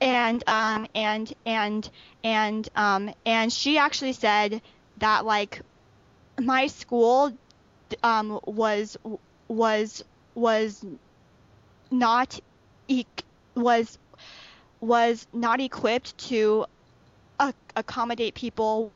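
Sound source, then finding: Adult woman speaking. Stuttering.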